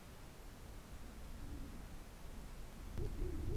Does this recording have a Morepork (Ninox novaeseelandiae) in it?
no